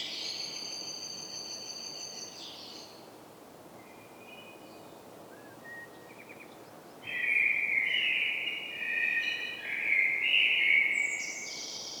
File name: Turdus merula